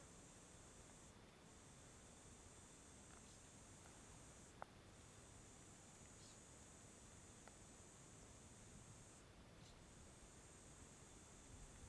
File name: Ambiente natural a tarde com cigarra, vento e arvores